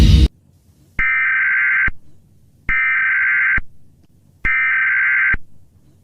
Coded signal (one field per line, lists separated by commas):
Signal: Emergency Alert System (SAME) tones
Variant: header bursts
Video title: EAS SCENARIO #44: LAVA FULL SERIES